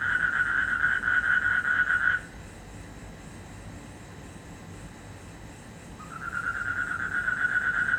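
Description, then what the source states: Frog giving a rapid pulsed trill that stops after about two seconds, leaving a quiet gap of hiss, then starts again and continues to the end. Recorded in Indonesia in 2012, during travel.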